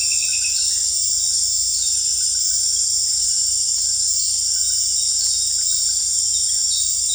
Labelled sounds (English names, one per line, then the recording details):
none
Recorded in dense forest near Puerto Asís, Putumayo, Colombia, on 18 December 2024 at 18:30
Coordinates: 0.484, -76.317
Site G026